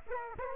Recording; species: mosquito wingbeat signal from an infrared sensor; Aedes aegypti